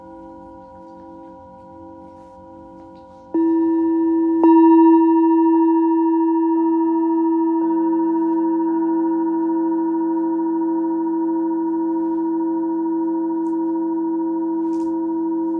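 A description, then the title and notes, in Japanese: A singing bowl hums with a low, steady tone, then is struck just after three seconds, jumping louder with a bright ringing overtone. A second tap near four and a half seconds adds a brief accent, and the layered ring sustains evenly to the end. メキシコから シンギングボウルのサウンドヒーリング。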